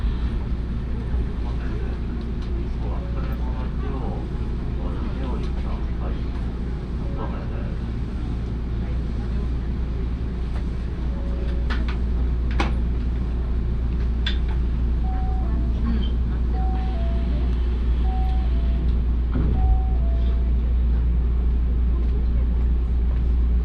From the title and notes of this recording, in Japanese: 鉄道旅 大物→梅田→蛍池→大阪空港。蛍池で大阪モノレールに乗り換えて１駅先の大阪空港へと向かいます。